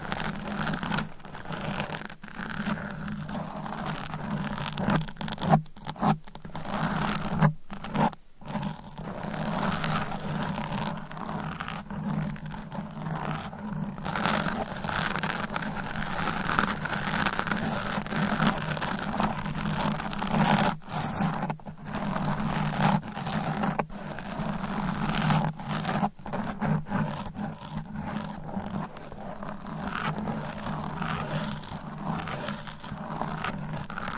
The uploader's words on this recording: ASMR Mic Scratching Brain Scratching with Different Nail Shapes Asmr No Talking.